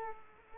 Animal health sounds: mosquito wingbeat signal from an infrared sensor; Culex quinquefasciatus

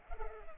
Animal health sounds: mosquito wingbeat signal from an infrared sensor; Culex pipiens

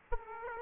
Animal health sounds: mosquito wingbeat signal from an infrared sensor; Aedes aegypti

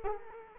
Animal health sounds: mosquito wingbeat signal from an infrared sensor; Culex quinquefasciatus

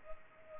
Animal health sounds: mosquito wingbeat signal from an infrared sensor; Culex pipiens

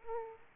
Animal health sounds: mosquito wingbeat signal from an infrared sensor; Aedes aegypti

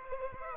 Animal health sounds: mosquito wingbeat signal from an infrared sensor; Aedes aegypti

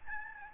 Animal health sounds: mosquito wingbeat signal from an infrared sensor; Aedes albopictus

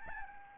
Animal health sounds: mosquito wingbeat signal from an infrared sensor; Aedes albopictus

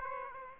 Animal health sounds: mosquito wingbeat signal from an infrared sensor; Aedes aegypti

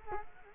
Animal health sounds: mosquito wingbeat signal from an infrared sensor; Culex quinquefasciatus

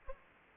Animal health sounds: mosquito wingbeat signal from an infrared sensor; Aedes aegypti

